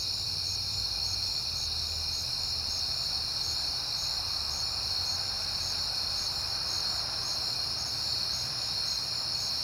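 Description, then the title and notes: Crickets trill steadily while one gives rapid evenly spaced chirps. Recorded at night on a peaceful September night. "Night Time: Crickets and Passing Cars. It is September and I have been hearing the crickets a lot, but finally had a peaceful night to make the recording"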